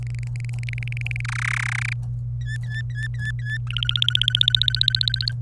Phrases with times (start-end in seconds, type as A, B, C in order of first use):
0.03-1.21 A, 1.25-1.93 B, 2.41-3.58 C, 3.67-5.32 D